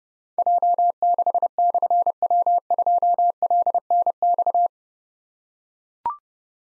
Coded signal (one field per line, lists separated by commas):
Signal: Morse code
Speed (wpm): 30 wpm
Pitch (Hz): 700 Hz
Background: none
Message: J6/W2LNX